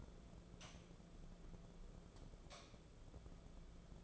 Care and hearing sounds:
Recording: daily activity, microphone in the room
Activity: light off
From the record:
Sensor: 5

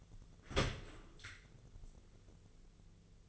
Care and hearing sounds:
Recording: daily activity, microphone in the room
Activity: open dishwasher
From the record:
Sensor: 4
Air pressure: 1001.2 hPa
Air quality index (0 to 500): 186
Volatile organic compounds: 3 ppm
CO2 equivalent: 1324 ppm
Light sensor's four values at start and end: 13/29/12/12 and 13/29/12/12

